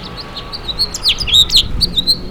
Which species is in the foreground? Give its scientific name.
Haemorhous mexicanus